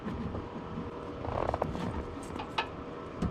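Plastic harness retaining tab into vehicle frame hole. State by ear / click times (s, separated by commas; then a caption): not seated / none. Plastic wiring-harness retaining tabs on a 4th-generation Nissan Pathfinder are pushed back toward their holes in the frame while it is readied for towing. Low handling rustle is broken by a quick cluster of small taps around 1.4–1.6 seconds and a sharper knock at 2.6 seconds. Nothing has seated or clicked into place yet.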